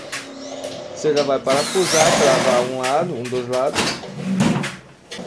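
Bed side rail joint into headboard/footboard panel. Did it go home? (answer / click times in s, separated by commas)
no / none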